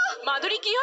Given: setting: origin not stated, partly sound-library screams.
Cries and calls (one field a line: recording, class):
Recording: one-second piece from a danger detection set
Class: woman in danger